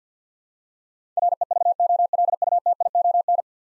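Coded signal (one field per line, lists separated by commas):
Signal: Morse code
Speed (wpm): 50 wpm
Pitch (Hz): 700 Hz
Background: none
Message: REVOLUTION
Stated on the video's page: Head-copy drill of ten-letter words in Morse at 50 wpm, each word sent, spoken, then sent again.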